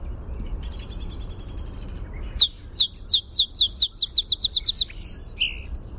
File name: SOSP song